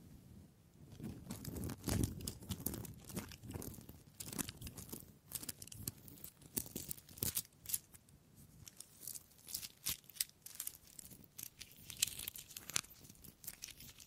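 Wood triggers: a dense, irregular run of sharp crackling taps and crinkly scrapes, with soft low thuds and brief rubbing between bursts throughout.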